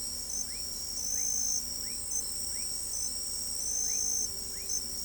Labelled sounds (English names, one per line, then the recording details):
none
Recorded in pastures near Pivijay, Magdalena, Colombia, on 3 June 2023 at 03:30
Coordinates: 10.456, -74.369
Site P6-G026